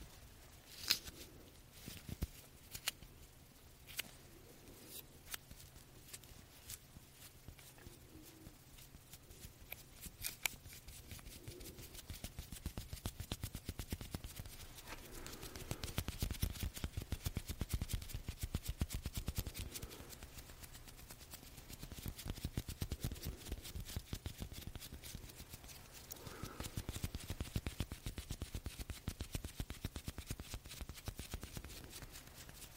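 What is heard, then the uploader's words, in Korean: Tingly puff sounds: a dense, fast crackle of tiny taps and scratches runs the whole time with no pauses. It grows louder and busier from about 15 to 19 seconds and again around 26 to 30 seconds, over a faint low hum. 팅글 덩어리 퍼프 소리.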